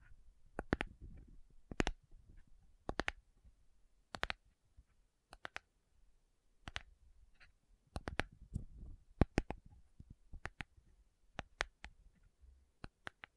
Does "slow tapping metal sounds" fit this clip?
yes